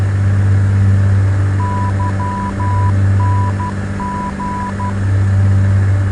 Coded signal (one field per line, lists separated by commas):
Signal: Morse code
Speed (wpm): 12 wpm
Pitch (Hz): 990 Hz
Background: none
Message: YNG